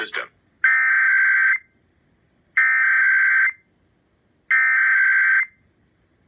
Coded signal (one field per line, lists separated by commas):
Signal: Emergency Alert System (SAME) tones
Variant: header bursts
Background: speech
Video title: Required Monthly Test (99.7 FM) | EAS #50